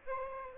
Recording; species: mosquito wingbeat signal from an infrared sensor; Aedes aegypti